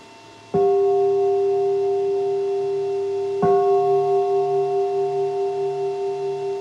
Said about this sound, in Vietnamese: Rồi bây giờ các giới tử đánh 3 tiếng chuông nữa nè.